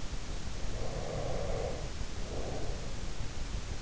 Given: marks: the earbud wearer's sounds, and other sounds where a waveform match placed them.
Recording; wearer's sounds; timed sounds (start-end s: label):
sounds in sleep by an in-ear microphone; breath
0.64-3.26 s: breath